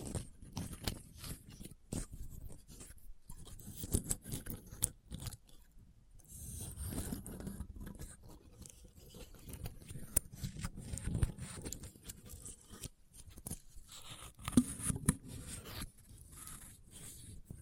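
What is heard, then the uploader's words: An assortment of Christmas trigger sounds with no talking: dense, irregular scratching and rustling that comes and goes throughout. Sharp clicks and taps punctuate the texture every second or so, over a low, soft rumble, with a louder cluster near fifteen seconds. Christmas Trigger Assortment (No Talking).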